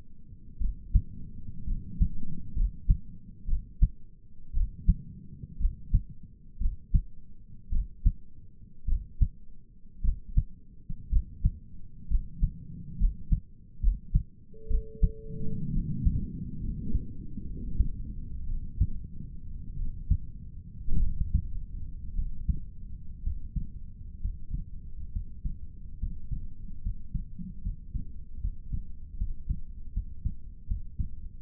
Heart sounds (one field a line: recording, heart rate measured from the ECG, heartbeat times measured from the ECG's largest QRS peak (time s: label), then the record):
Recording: heart sounds by stethoscope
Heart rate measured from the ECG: 62 bpm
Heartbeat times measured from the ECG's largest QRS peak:
0.61 s: heartbeat
1.67 s: heartbeat
2.56 s: heartbeat
3.48 s: heartbeat
4.55 s: heartbeat
5.60 s: heartbeat
6.61 s: heartbeat
7.72 s: heartbeat
8.88 s: heartbeat
10.04 s: heartbeat
11.11 s: heartbeat
12.10 s: heartbeat
12.99 s: heartbeat
13.82 s: heartbeat
14.70 s: heartbeat
15.73 s: heartbeat
16.62 s: heartbeat
17.47 s: heartbeat
18.47 s: heartbeat
19.77 s: heartbeat
21.01 s: heartbeat
22.16 s: heartbeat
23.24 s: heartbeat
24.21 s: heartbeat
25.12 s: heartbeat
25.99 s: heartbeat
26.82 s: heartbeat
27.62 s: heartbeat
28.41 s: heartbeat
29.18 s: heartbeat
29.93 s: heartbeat
30.68 s: heartbeat
31.41 s: heartbeat
From the record:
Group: healthy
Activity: rest 0-17 s, Valsalva maneuver 17-31 s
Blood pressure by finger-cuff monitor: 107/69 mmHg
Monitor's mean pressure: 82 mmHg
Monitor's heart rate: 60 bpm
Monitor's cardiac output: 5.3 L/min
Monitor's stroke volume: 90 mL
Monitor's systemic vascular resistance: 1110 dyn s/cm5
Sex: male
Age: 22 years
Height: 181 cm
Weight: 79 kg